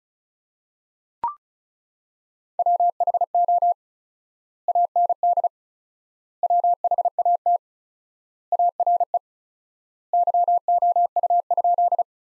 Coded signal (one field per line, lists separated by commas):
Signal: Morse code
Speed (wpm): 36 wpm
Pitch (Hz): 700 Hz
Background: none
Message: WHO AND WHAT ARE YOU?